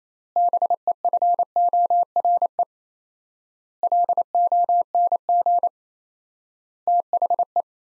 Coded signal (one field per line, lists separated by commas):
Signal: Morse code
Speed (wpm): 28 wpm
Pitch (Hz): 700 Hz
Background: none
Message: BEFORE LONG THE